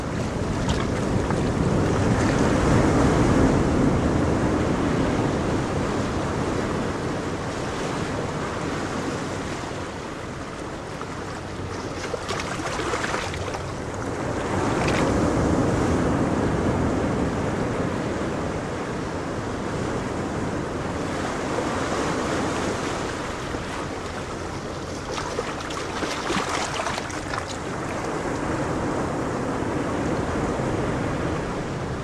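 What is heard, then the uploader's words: Ocean waves wash in a continuous, dense roar with low rumble underneath. The sound swells loudest in the first few seconds, eases around ten seconds, and surges again with bright hissing breaks near 13, 15 and 26 seconds. Wind noise rushes throughout. Ocean Waves for Deep Sleep or Meditation.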